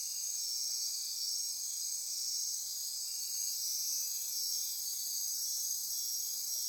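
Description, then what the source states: Insect chorus of continuous high shrill buzzing, several overlapping steady tones without a break. Insect chorus recorded at midnight near Corcovado.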